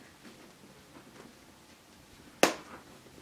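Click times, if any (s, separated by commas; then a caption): 2.4 s. The magnetic/press snap on the front pocket of a Coach Ace leather satchel handbag is pressed shut. Over faint low background noise, a single sharp, bright snap lands at 2.4 s and dies away within a fraction of a second. The pocket's snap closure seats and the pocket is closed.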